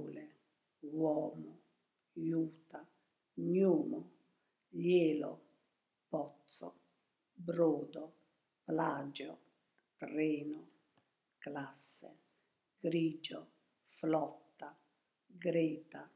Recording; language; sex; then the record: read list of words; Italian; female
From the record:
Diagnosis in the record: healthy control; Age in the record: 72 years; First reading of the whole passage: 67 s, 7.5 characters per second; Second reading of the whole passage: 67 s, 7.5 characters per second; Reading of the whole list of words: 68 s, 4.2 characters per second